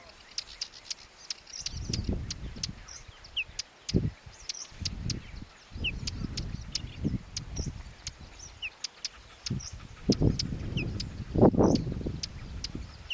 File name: Ruslan Mazuryk - Whinchat (Saxicola rubetra)